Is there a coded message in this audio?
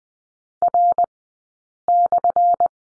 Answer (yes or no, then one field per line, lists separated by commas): yes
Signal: Morse code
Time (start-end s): 0.6-2.7 s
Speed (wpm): 20 wpm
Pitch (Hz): 700 Hz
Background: none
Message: R/